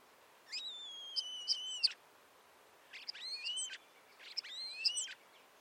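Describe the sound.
Bird calls, three separate phrases of high whistled notes with sliding tones, each about a second long, over a faint steady hiss.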